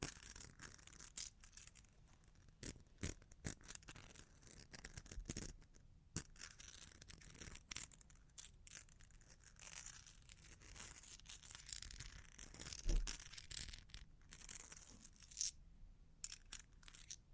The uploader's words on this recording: Long Claws Tapping and Scratching (No Talking).